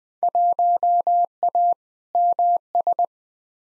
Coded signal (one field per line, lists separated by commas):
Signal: Morse code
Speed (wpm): 20 wpm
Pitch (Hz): 700 Hz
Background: none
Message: 1A MS